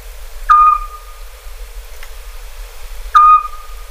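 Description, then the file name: Eurasian scops owl whistling two short, pure notes a couple of seconds apart, with a soft click in between. "Hibou Petit duc"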